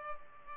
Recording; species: mosquito wingbeat signal from an infrared sensor; Culex pipiens